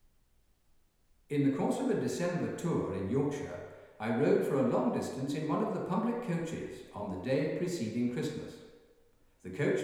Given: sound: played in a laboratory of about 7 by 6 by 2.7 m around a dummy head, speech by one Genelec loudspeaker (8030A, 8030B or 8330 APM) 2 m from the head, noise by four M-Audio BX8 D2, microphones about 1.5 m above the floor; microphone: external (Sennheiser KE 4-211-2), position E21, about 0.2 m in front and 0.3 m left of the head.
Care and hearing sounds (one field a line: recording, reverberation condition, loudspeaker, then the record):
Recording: male speech in English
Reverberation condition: high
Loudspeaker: in front (0 degrees)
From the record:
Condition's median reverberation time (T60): about 1300 ms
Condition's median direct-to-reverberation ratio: about -4.0 dB